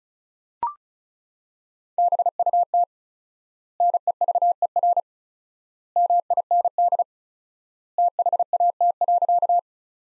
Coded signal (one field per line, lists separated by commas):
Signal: Morse code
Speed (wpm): 35 wpm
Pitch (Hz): 700 Hz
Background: none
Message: BUT NEVER MIND THAT.